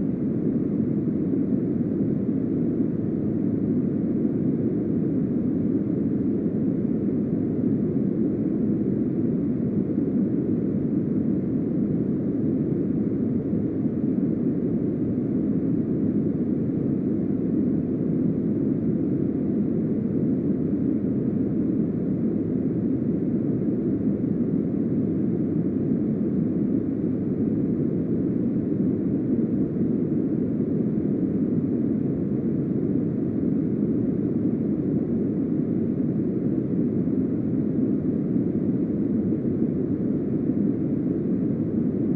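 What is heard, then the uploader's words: Uninterrupted brown noise runs for the full forty seconds, a dense, deep rumble weighted toward the low end with a softer hiss above and nothing bright on top. The level never shifts, with no events, gaps or background sounds breaking the wash. Uninterrupted brown noise.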